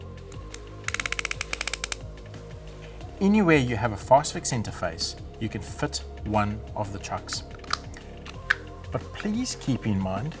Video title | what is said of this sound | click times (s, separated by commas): Festool Drill Driver Adapters and Chucks | and you can hear the positive clicks as you tighten the truck | 0.9 s, 1.0 s, 1.1 s, 1.2 s